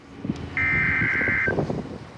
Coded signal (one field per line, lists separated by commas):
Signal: Emergency Alert System (SAME) tones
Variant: header bursts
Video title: LET'S GO TO LA QUINTA! NOAA Weather Radio EAS: Required Weekly Tests (EAS #402-403)